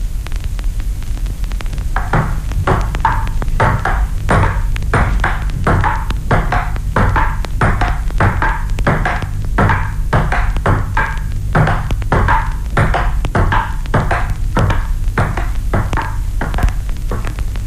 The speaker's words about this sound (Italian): Può udire distintamente la pallina di celluloide rimbalzare alternativamente una volta a destra, e una volta a sinistra.